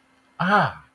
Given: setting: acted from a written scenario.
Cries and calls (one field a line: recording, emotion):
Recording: vocal sound without words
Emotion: realization